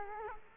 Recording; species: mosquito wingbeat signal from an infrared sensor; Culex quinquefasciatus